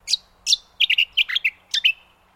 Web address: Sound Effects-Foundation 1 BIRD BROWN HONEY EATER CALL